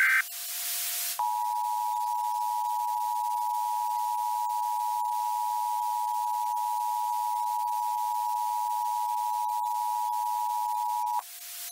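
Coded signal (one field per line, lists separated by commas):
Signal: Emergency Alert System (SAME) tones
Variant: 853 and 960 Hz attention tone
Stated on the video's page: Fictional EAS alert tones from an alternative-history disaster scenario.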